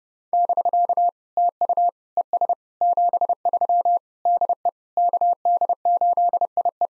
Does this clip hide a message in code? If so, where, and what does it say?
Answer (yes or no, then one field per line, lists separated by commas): yes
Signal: Morse code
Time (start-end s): 0.3-6.9 s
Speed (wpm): 30 wpm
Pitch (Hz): 700 Hz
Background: none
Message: <BK> TU ES 73 DE KD8IE